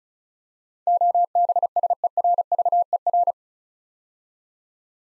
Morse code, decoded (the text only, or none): OBSERVER